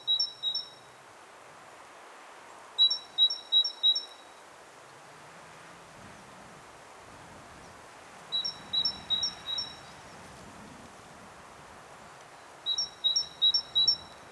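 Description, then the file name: Great tit singing four short phrases of two to four paired whistles, with pauses between, over a light background rumble and hiss. "Parus major"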